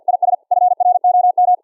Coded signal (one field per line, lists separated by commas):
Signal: Morse code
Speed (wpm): 52 wpm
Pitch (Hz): 720 Hz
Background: none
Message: IS FROM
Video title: The Bible in Morse Code Project - LIVE DEMO using Recri Keyer SDR on Linux(Jack) - to listen the CW